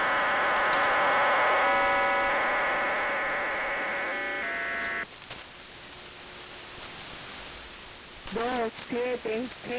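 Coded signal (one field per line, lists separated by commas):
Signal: numbers station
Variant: HM01, Spanish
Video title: 27 12 2021 Cuban Spy Number HM01 in Spanish 0628 on 10345 Bejucal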